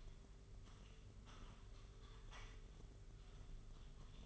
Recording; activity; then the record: daily activity, microphone in the room; typing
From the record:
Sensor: 4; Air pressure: 991.8 hPa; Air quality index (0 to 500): 120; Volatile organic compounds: 27 ppm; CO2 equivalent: 2880 ppm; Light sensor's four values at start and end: 20/65/24/24 and 20/65/24/24